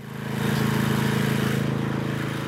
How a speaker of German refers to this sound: München, in einem abseitigen Teil des Westfriedhofs. Ein Handwerker schleift eine Grabeinfassung zurecht.